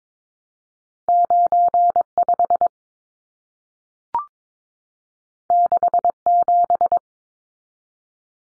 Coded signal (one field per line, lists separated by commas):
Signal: Morse code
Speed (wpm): 22 wpm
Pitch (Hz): 700 Hz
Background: none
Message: 95 67